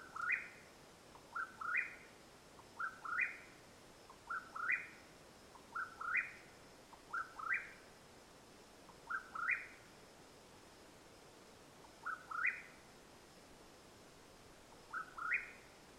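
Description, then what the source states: Mexican whip-poor-will repeating a quick rising whistled phrase, first in a rapid run, then with longer gaps toward the end; otherwise quiet with soft hiss. Calling at nightfall, Madera Canyon, Arizona, USA, 21 April 2022.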